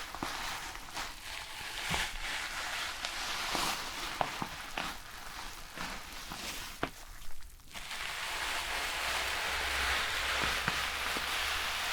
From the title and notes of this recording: ASMR Relaxing Shampoo and Hair brushing ｜NO TALKING.